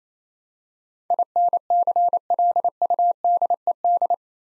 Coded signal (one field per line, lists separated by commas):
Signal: Morse code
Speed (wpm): 27 wpm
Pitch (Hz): 700 Hz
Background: none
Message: INCLUDED